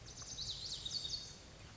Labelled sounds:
Lazuli Bunting
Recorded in Sonoma County, California

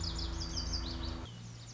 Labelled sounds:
Lazuli Bunting
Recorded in Sonoma County, California

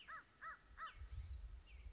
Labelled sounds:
American Crow
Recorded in Sonoma County, California

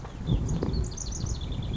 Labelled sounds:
House Wren
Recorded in Sonoma County, California

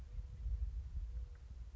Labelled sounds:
Mourning Dove
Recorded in Sonoma County, California

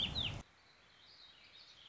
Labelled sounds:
Warbling Vireo
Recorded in Sonoma County, California

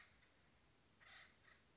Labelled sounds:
Acorn Woodpecker
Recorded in Sonoma County, California

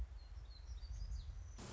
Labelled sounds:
Black-throated Gray Warbler
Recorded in Sonoma County, California

